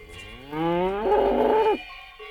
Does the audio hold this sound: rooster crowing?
no